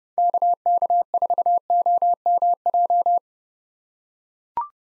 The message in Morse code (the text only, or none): KK4OMJ